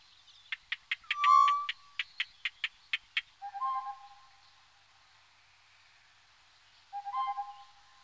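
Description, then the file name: Tropical boubou making a row of sharp clicks around one pure drawn-out whistle, then low mellow whistles twice after a pause. "gonolec ventre blanc"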